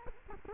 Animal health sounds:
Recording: mosquito wingbeat signal from an infrared sensor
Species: Culex quinquefasciatus

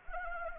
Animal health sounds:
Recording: mosquito wingbeat signal from an infrared sensor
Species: Anopheles arabiensis

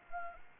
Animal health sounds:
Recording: mosquito wingbeat signal from an infrared sensor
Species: Anopheles arabiensis

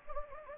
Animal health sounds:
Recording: mosquito wingbeat signal from an infrared sensor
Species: Anopheles gambiae

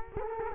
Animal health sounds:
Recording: mosquito wingbeat signal from an infrared sensor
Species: Culex quinquefasciatus

